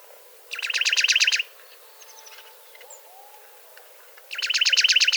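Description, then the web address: Juniper titmouse song: two quick, even trills of sharp chipping notes, with faint soft calls in the quiet gap between. "wroblowe ptaki baeolophus ridgwayi"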